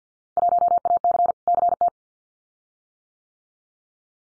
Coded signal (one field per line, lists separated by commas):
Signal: Morse code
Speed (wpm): 50 wpm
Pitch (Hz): 700 Hz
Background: none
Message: 1AC CT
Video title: Field Day Exchange 50wpm